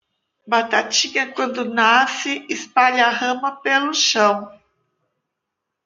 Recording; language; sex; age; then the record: short text; Brazilian Portuguese; female; 60 to 69 years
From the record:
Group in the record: control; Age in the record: 62 years